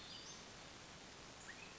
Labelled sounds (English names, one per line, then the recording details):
Western Flycatcher
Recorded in Sonoma County, California